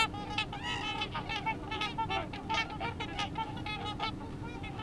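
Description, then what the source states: Swans calling with short, rich, repeated honks, several birds overlapping against a low background rumble. 30 December 2014.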